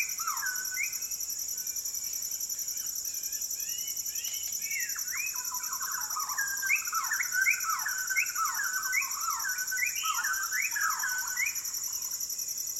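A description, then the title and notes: White-crowned shamas call at dusk in a rainforest, their fluting, sliding whistles quiet at first and then tumbling thickly from about six seconds on. Behind them, a steady, bright, shrill drone of insects runs unbroken throughout. Borneo Rainforest - Evening - Dusk Chorus With Shama. The fluting calls of White-crowned shamas fill the valley as the sun sets over the jungles of Maliau NP, Borneo. Recorded with Sony PCM D10, Lom MikroUsi mics and BubbleBee Windbubbles.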